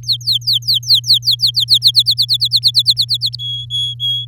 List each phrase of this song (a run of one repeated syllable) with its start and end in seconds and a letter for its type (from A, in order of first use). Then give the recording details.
0.03-1.78 A, 1.82-3.35 B, 3.39-4.25 C. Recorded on 8 May 2018 at 14:55. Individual llb16